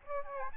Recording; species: mosquito wingbeat signal from an infrared sensor; Aedes albopictus